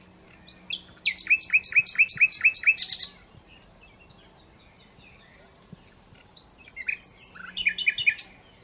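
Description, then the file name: Common Nightingale song: a burst of rapid repeated whistled notes over about two seconds, a long pause, then another varied phrase of sharp trills. "Luscinia megarhynchos"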